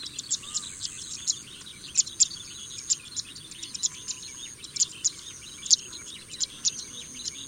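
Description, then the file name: Pipit chirping: short, sharp high notes at irregular intervals over a steady high-pitched whine like insects. "kicau burung apung omkicau"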